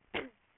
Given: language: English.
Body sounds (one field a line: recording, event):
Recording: throat vibration sensor signal played as sound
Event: cough